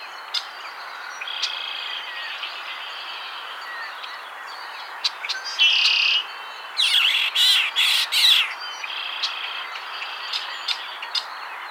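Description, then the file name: Red-winged Blackbird buzzy calls: soft flat buzzes early on, then a loud buzz and a burst of rapid pulsed rasping notes, with sharp chips scattered throughout. "Agelaius phoeniceus - Red-winged Blackbird"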